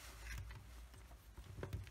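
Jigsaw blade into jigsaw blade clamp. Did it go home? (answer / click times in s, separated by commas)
no / none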